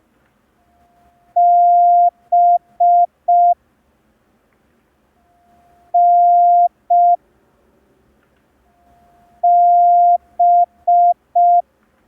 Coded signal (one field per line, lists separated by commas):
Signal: Morse code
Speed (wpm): 5 wpm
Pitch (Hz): 700 Hz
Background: none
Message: B N B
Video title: [MC–02] Learn Morse Code in 10 Days (Day 2) – ASOC Tutorials India